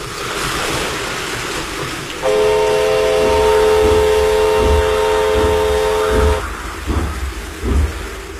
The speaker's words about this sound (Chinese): 火车慢慢地驶了过来，驶进了漫着水的路基。